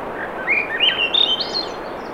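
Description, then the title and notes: Swainson's thrush sings a quick rising spiral of liquid whistled notes ending high, with a constant rush of surf in the background. Singing, 7:15 pm, 7 June 2017, low 50s, clear skies, between tides; Sun Dew Trail near Ocean Beach, Schoodic Peninsula, Acadia National Park, Maine; Fostex FR2, ME 66 shotgun; high-pass filtered against surf. "Swainson's Thrush pm. Swainson's Thrush singing Wednesday June 7, 2017 7:15 pm temperature low 50s clear skies between the tides Sun Dew Trail where it intersects with trail to Ocean Beach Schoodic Pennisula Acadia National Park Winter Harbor, ME"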